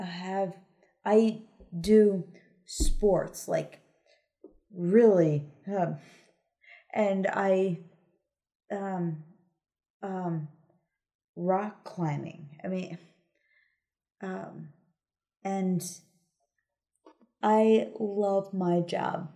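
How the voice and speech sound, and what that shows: An adult woman speaks slowly in short, simple phrases, broken by pauses of about a second and repeated 'um' fillers while she searches for words. This halting, word-finding speech fits aphasia after a stroke, which disrupts finding and forming words.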